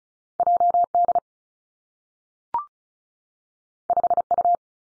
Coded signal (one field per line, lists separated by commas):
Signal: Morse code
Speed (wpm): 36 wpm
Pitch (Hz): 700 Hz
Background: none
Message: J D 5 U